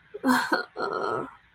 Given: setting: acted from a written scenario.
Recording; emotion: vocal sound without words; shame